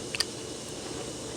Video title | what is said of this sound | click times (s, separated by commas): 2016 chevy equinox p0010 p0011 stalling issue runs rough | should be able to hear and make a click so | 0.2 s